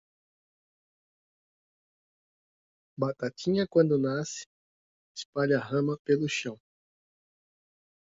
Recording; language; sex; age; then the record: short text; Brazilian Portuguese; male; 30 to 39 years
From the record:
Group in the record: control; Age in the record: 37 years